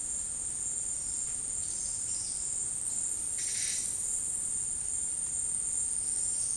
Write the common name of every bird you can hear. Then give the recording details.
none. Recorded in dense forest near Puerto Asís, Putumayo, Colombia, on 20 February 2024 at 11:00. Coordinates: 0.472, -76.329. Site G6394